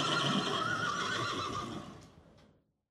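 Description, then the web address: Horse neighing: a long, loud whinny that wavers and slowly fades away, with a couple of faint clicks near the end. More than one horse neighing. "Madacy Music Group Inc 292 Sound Effects. Horses Neighing"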